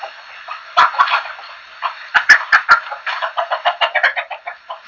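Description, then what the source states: Chickens clucking: a run of short, rough notes that becomes a quick, even series of clucks in the second half. Several chickens.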